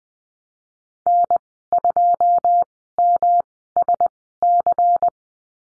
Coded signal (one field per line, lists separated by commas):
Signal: Morse code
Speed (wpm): 20 wpm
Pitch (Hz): 700 Hz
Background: none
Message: N2MSC